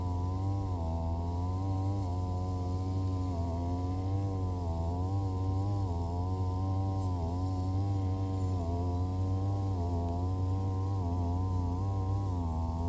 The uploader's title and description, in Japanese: ひたすら草刈り機で草刈り。草刈り機でネギの列、そして畑まわりを刈っていきます。